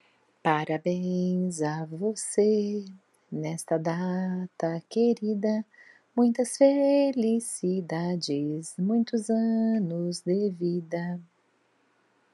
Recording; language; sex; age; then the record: short text; Brazilian Portuguese; female; 50 to 59 years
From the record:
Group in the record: control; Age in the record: 50 years